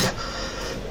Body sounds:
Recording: coughing mixed with background sound

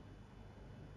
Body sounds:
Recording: background sound without coughing

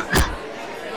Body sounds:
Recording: coughing mixed with background sound

